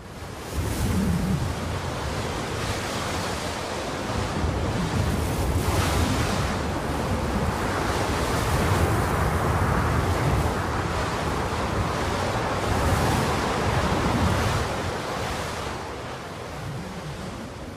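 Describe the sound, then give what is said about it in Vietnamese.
Strong storm wind roars steadily for the whole stretch, a dense, hissing rush with low rumbling surges that swell and ease without ever dropping away. No voices are heard. “Đậy cái chuồng gà lại đi cho má, gió to quá.”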